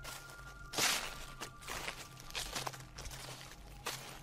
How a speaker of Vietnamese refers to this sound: Thế nhưng khi hai vợ chồng vừa nhắm mắt lại, thì ở bên ngoài lại có tiếng bước chân nhẹ nhẹ dẫm lên đám lá khô.